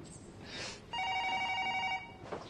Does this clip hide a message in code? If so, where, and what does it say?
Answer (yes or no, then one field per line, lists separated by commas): no